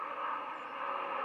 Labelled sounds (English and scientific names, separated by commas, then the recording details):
White-throated Sparrow (Zonotrichia albicollis) flight call
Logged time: 01:20 on 31 October 2014